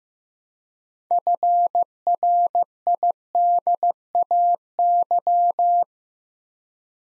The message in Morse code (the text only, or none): FRIDAY